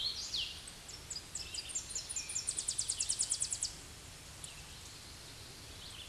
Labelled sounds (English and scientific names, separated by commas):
Tennessee Warbler (Leiothlypis peregrina) song